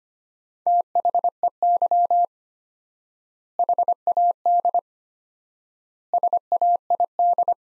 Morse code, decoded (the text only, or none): THEY HAD SAID